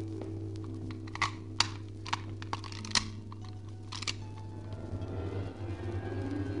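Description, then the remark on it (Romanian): A golden key scrapes and clicks in a door lock, a run of sharp, uneven metallic ticks and rattles, then a low, rough creak swells up as the lock gives, over a steady low hum. “Tu, cheie de aur roș, ce bogății de mine neștiute îmi ascunzi? Ia să încerc!”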